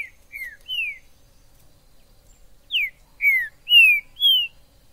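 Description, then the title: Green-winged saltator song: two brief phrases of clear whistled notes, slurred downward and flat, separated by a silent pause. Trinca-ferro in the forest (mato), described as a 'major' singer, calling, singing and acting male in a contest; used to stir up a pet bird. "TRINCA Piando, Cantando E Macheando Na DISPUTA. TRINCA FERRO no MATO. Trinca ferro MAJOR no MATO"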